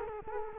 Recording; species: mosquito wingbeat signal from an infrared sensor; Culex quinquefasciatus